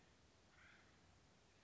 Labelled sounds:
Acorn Woodpecker
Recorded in Sonoma County, California

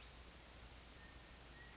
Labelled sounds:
California Quail
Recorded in Sonoma County, California

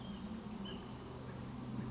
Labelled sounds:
Ash-throated Flycatcher
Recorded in Sonoma County, California

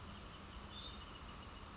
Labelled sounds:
Bewick's Wren
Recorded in Sonoma County, California

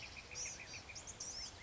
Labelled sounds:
Blue-gray Gnatcatcher
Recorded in Sonoma County, California

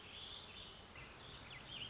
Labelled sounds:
Warbling Vireo
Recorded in Sonoma County, California

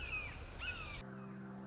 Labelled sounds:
Red-shouldered Hawk
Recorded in Sonoma County, California

